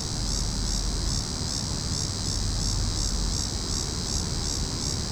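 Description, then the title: Cicadas in a steady high, shimmering buzz, pulsing roughly two or three times a second, over a constant low rumble. Several cicadas calling in a tree. "neoscenes: cicadas in tree"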